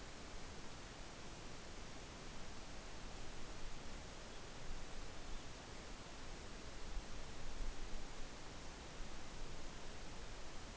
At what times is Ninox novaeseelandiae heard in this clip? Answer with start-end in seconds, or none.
none